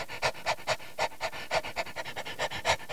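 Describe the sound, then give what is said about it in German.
A dog, leaping forward and wagging its tail, pants excitedly in quick, steady rhythm, about a dozen breathy huffs over three seconds, each a short airy burst of fairly even loudness, with no voices. “der Hund, sprang ihm wedelnd entgegen.”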